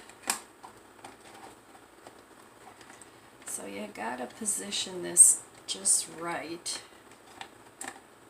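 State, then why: Seated. A removable part is carefully positioned on a coffee maker and pushed home, with light taps and handling noises early on while someone talks. A sharp click sounds at 7.8 s as the part locks into place.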